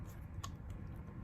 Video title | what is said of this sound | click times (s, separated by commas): HEAT GUN IN ACTION | well it's a slight click but you'll hear it and this portion here is the clicking part | 0.4 s